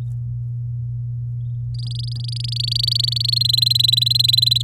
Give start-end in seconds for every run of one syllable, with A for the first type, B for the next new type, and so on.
1.74-3.38 A, 3.40-4.62 B